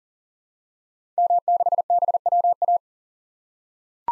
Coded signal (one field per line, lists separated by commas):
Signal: Morse code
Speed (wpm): 39 wpm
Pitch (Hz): 700 Hz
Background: none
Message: M6BWA